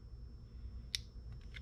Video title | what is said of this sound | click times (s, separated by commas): How To Use The Deutsch Field Maintenance Crimp Tool HDT-48-00 | now that click means that this is nice and centered in there and ready to go and it's held nice and tight | 1.0 s